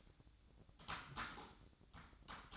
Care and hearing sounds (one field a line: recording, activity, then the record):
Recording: daily activity, microphone in the room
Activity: typing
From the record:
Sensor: 3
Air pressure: 1007.6 hPa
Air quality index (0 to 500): 60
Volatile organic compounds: 1 ppm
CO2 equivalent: 611 ppm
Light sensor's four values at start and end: 10/24/10/10 and 10/24/10/10